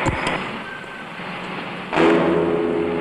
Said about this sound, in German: Der Verkehr rollt weiter.